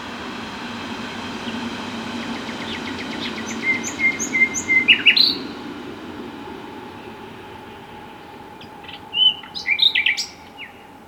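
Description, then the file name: Common nightingale giving short bursts of rapid chirps and clear whistled notes over a steady low background rumble. "Luscinia megarhynchos"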